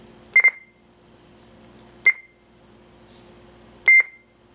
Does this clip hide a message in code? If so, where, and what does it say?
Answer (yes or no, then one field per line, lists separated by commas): no